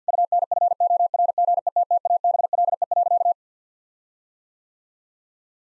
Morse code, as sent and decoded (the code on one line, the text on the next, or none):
..- -. ..-. --- .-. --. . - - .- -... .-.. . .-.-.-
UNFORGETTABLE.